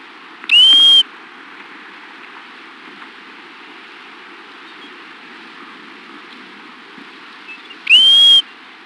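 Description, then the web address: Pacific golden plover giving a clear, rising-then-level whistled call, heard twice about seven seconds apart, over a steady hiss of background noise. "Peterson North American Birds. pagp"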